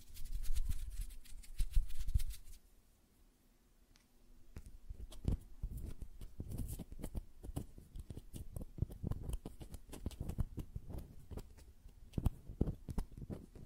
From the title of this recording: Tapping on Nails, Finger Fluttering, Hand Sounds